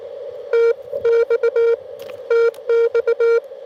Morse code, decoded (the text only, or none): TX TX